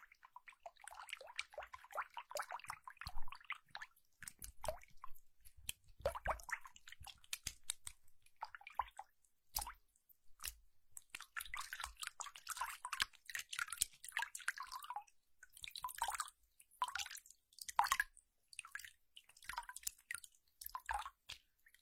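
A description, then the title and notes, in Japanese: Water sounds: a busy, irregular stream of drips, splashes and wet squishing, mostly in the middle and upper range. The activity comes in uneven bursts with a short lull around the ten-second mark, then grows denser and brighter toward the end. 水の音。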